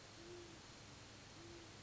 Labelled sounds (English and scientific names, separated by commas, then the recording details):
Great Horned Owl (Bubo virginianus)
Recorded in Sonoma County, California